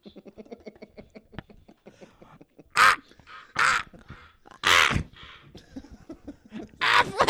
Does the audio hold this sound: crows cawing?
yes